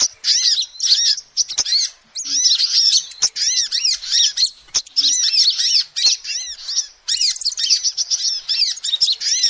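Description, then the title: Lovebird calls, a continuous stream of shrill squeaky chirps and twittering bursts, broken by short gaps and occasional clicks. Lovebird calls used as a lure to trap birds. "PIKAT BURUNG LOVEBIRD"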